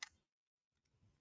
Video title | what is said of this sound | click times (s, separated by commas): GottoLoveThailand Monday Livestream 01/15/24 | so you just and it comes back and locks in place and it's got this little | 0.0 s